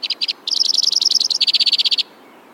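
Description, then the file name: White-winged crossbill giving a few separate notes, then a quick trill that drops to a slightly lower, steady trill before stopping. "suara-kicauan-burung-white-winged-crossbill -omkicau"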